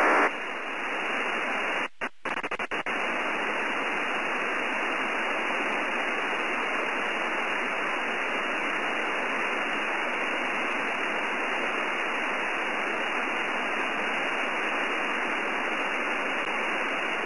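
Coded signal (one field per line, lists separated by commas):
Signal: digital SSTV (DRM)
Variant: EasyPal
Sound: steady dense hiss filling the voice band, with two brief dropouts near start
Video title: EASYPAL SSTV SDR CONSOLE ES'HAIL2 CN8MM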